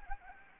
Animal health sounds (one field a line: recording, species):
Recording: mosquito wingbeat signal from an infrared sensor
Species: Anopheles gambiae